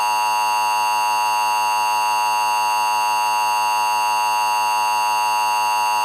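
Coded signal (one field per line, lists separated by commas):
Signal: Emergency Alert System (SAME) tones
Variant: 853 and 960 Hz attention tone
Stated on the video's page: Mock multi-part hybrid alert scenario set in a fictional film universe, simulated not real; audio may be unusually loud.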